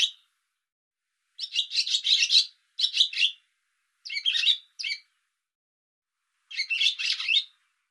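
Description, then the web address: Bird calls: a series of buzzy, rough chirp clusters, some drawn out, others clipped short, separated by brief silences. "cianscape birddata Deverinetal 2025"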